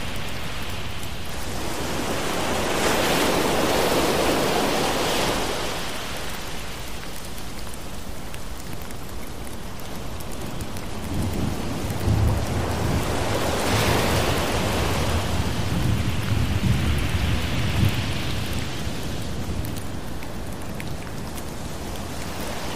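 Steady rain hiss with rolling low thunder rumbles, swelling around three, fourteen and eighteen seconds, with deep booms near twelve seconds.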